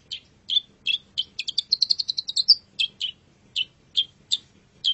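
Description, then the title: Long-tailed shrike song of spaced sharp chirps, broken midway by a fast, rising trill of high notes before the chirps resume. Long-tailed shrike song, described as a champion singing bird. "Kicau Burung Cendet Juara"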